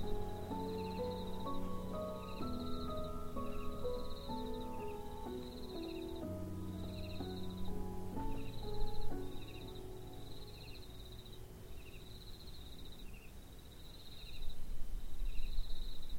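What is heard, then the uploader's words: Crickets chirp in a steady, evenly spaced pulse, a bright trill repeating about every second and a half throughout. Beneath them a low, shifting hum with held tones changes every couple of seconds and fades after ten seconds, with a soft wind-like rush swelling near the end. The only sounds around you are the chirping of the crickets and the light wind in the grass.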